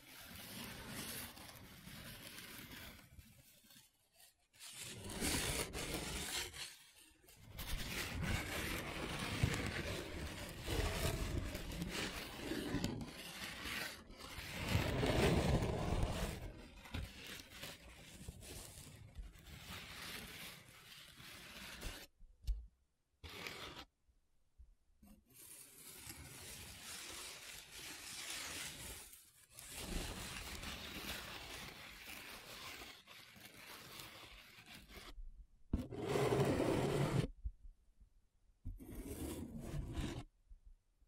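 Paper being traced, scratched and rubbed in a steady, dense rustle that swells and fades in uneven strokes. Louder scraping bursts come around 10 and 15 seconds, and several abrupt silences break it near 4, 22–25, 29 and 35–37 seconds.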